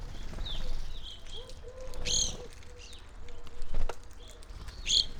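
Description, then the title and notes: Evening grosbeaks giving scattered sharp chirps, with two louder bursts, between quieter spells over a low rumble and soft lower tonal notes. Flock feeding on sunflower seeds at a feeder hanging from a birch in a backyard, McCloud, Siskiyou County, California; relatively warm winter morning; two microphones either side of the trunk. "I recorded this at my home in the small town of McCloud in Siskiyou County, California. It was a relatively warm winter morning, and a flock of Evening Grosbeaks was busily eating a breakfast of sunflower seeds from a feeder hanging from the branch of a birch tree in my backyard."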